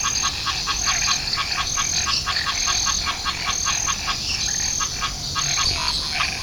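Banana frog calling in a rapid series of short clicking pulses.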